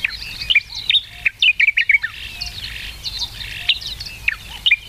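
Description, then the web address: Sakhalin grasshopper warbler song: bright chirped notes in short bursts, bunched loudly near the start, then scattered calls over a steady hiss of background noise. "sikioto birds ezosenyo"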